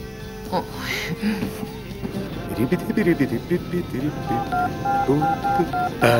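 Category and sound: signal or alarm, telephone number being dialed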